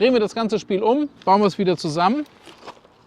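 Someone talks while handling the folding frame hinge latch of a DYU T1 folding e-bike, bringing the frame parts back together, with a faint short sound near 2.5 seconds after the talking stops. Nothing has seated or clicked yet; the latch has not snapped into place by the end.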